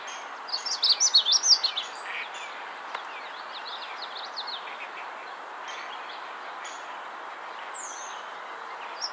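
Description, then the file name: Magnolia Warbler singing one brief, sweet warbled phrase of quick high notes near the start, followed by faint downslurred notes. "Setophaga magnolia - Magnolia Warbler"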